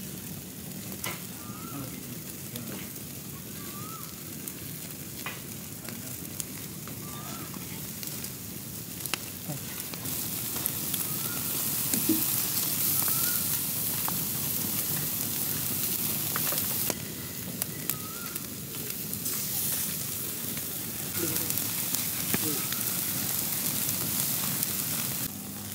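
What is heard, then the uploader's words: Lamb ribs grill over a fire with steady sizzling and crackle, sharp pops scattered throughout, and brief voices murmuring in the background. Lamb Ribs BBQ Cooking In Village. We first grill the mutton bones to get the flavour of smoky.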